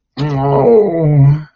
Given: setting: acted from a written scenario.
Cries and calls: vocal sound without words; shame

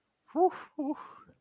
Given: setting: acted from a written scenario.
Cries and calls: vocal sound without words; pride

